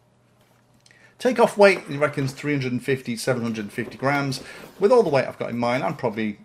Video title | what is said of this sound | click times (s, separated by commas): DIATONE Ripper R690: Maybe my new favourite mini wing? | of the motor and you can just see here the top just snaps into place | 0.9 s